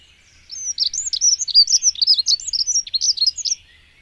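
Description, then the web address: Dunnock song: a rapid, high warble of short squeaky notes strung together for about three seconds. "agykontroll Madardalok Cd 1. Erdei szürkebegy"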